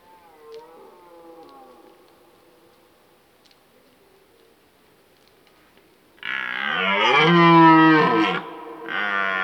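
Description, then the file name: Red deer stag roaring: a faint, drawn-out moaning tone, then a loud, deep, rasping bellow of two seconds and a shorter one after it. Old stag bellowing during the rut. "Burlen 10 oud hert"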